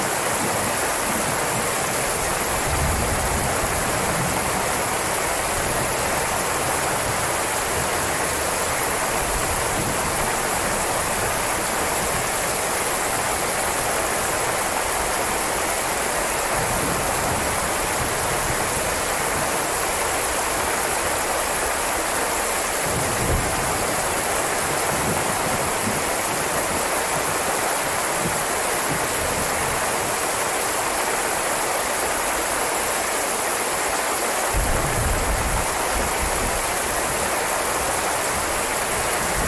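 Heavy rain pours in a dense, unbroken hiss, bright and steady for the whole stretch, close to the way rushing water sounds. Brief low rumbles and thuds surface now and then, around 3, 17, 23 and 35 seconds, beneath the constant downpour.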